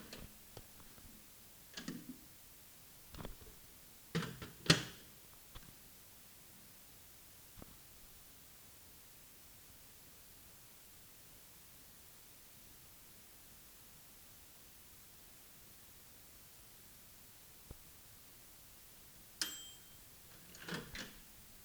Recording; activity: daily activity, guitar pickup as the sensor; use microwave